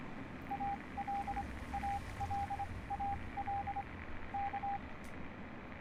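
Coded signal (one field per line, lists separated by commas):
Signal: Morse code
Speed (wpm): 25 wpm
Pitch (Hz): 800 Hz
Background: radio noise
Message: AL AL AL K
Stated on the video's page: Part of the game Fallout 3, set in the Capital Wasteland.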